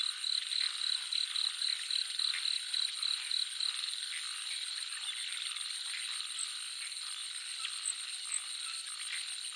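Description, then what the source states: Frog calls, a rapid series of short high pulses repeated about four times a second for several seconds, over a dense steady chorus of crickets and insects. Jungle nature soundscape, frogs calling together with crickets.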